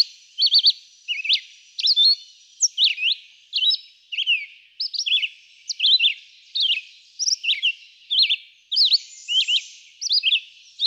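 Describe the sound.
Red-eyed vireo sings brief whistle phrases one after another, each a quick slur, spaced less than a second apart.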